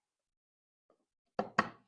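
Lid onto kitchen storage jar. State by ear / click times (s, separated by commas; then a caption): seated / 1.4 s, 1.6 s. A plastic kitchen storage jar meant for lentils has its lid pressed down, giving two sharp knocks at 1.4 s and 1.6 s as it locks. The lid ends up fully locked shut, locked properly.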